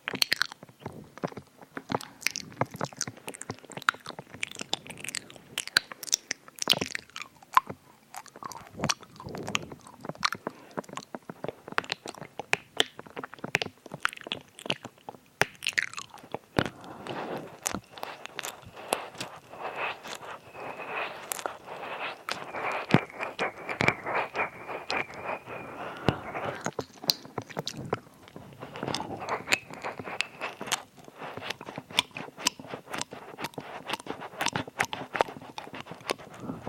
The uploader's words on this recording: ASMR EAR EATING [tingly mouth sounds].